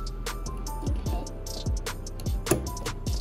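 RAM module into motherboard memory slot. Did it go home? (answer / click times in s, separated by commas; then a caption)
no / none. A RAM module is pressed down with some pressure into a motherboard DIMM slot over a steady background of music, with a few short handling knocks and one sharper tap near the end. Nothing has seated or clicked yet.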